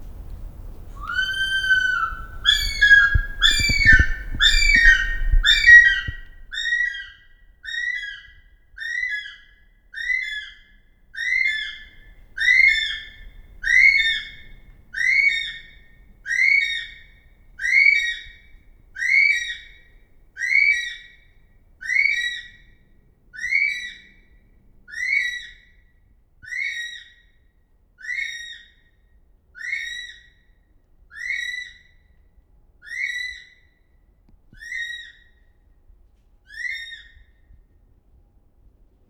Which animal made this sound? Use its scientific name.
Apteryx mantelli